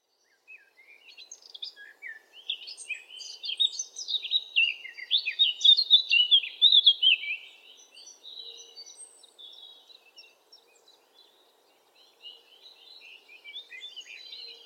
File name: zwartkop zang